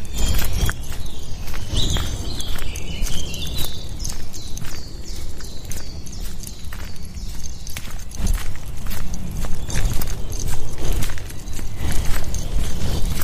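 A walk in the woods with a dog: steady crunching footsteps with sharp clicks throughout, while many birds chirp and trill high above.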